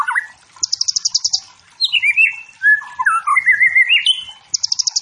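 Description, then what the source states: White-rumped shama song: a low slurred whistle, then fast staccato high trills, followed by a string of varied rising and falling whistled phrases and another quick trill burst. Wild forest white-rumped shama, used as training material for competition songbirds, meant to provoke and build fighting spirit in caged birds.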